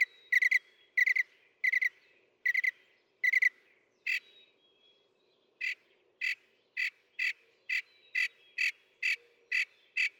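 Northern mockingbird song: short clusters of quick chips repeated in sets, then a steady run of single sharp notes about two per second.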